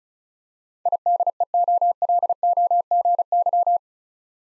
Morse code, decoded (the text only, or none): IDEOLOGY